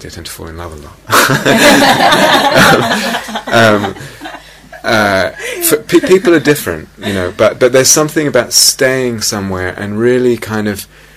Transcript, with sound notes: I tend to fall in love a lot. [laughter] People are different, you know? But there's something about staying somewhere and really kind of